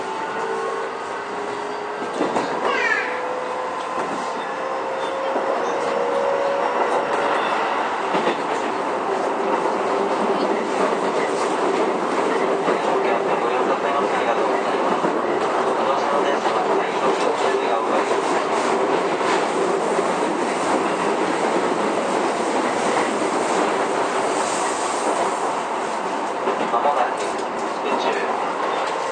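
A Keio 9000 series train runs between Takaosanguchi and Tsutsujigaoka, a steady, dense roar of wheels and body noise throughout. Motor whines shift and sweep in the first eight seconds, while rail clacks tap irregularly and a brief bright hiss rises near 25 seconds.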